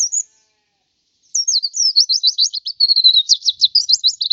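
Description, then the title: White-eye song: a brief high note, a pause, then an unbroken run of rapid thin slurred notes, rising and falling. "Suara burung pleci"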